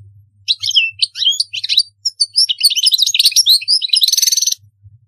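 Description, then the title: European goldfinch song, a fast tumbling stream of tinkling, twittering notes with buzzy trills near the end, over a faint low hum. "Chant Chardonneret"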